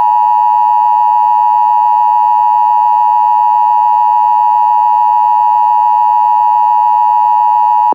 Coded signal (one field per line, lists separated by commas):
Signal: Emergency Alert System (SAME) tones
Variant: 853 and 960 Hz attention tone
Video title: EAS Scenario #9 - World War III (Part 2)